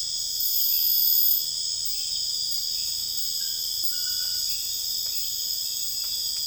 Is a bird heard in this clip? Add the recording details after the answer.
no. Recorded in dense forest near Puerto Asís, Putumayo, Colombia, on 21 December 2024 at 01:00. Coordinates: 0.484, -76.325. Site G056